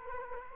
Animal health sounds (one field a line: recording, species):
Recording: mosquito wingbeat signal from an infrared sensor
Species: Culex quinquefasciatus